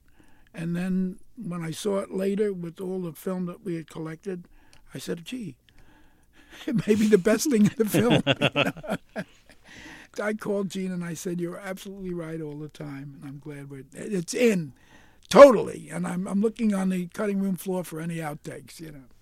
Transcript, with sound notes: And then when I saw it later with all the film that we had collected, I said, gee, it may be the best thing in the film.
(LAUGHTER)
I called Gene and I said you're absolutely right all the time, and I'm glad we're - it's in, totally, and I'm looking on the cutting room floor for any outtakes, you know.